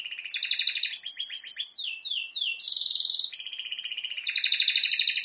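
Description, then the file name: Canary singing rapid chattering trills, a few downslurred whistles, a steady buzzy roll, then more fast pulsed trills, with no other sounds. "Canary Voice"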